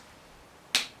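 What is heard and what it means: A metal quick link joins the two ends of a 12-speed bicycle chain on a Shimano SLX 12-speed setup, routed around the cassette, under the first jockey wheel and over the second. After near silence, the link snaps shut with one sharp, bright click at 0.8 s that fades within a fraction of a second. The quick link is seated and the chain is closed.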